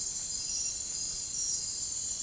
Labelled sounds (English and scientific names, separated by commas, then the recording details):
none
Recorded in dense forest near Puerto Asís, Putumayo, Colombia, on 23 June 2025 at 03:30
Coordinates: 0.503, -76.323
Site G059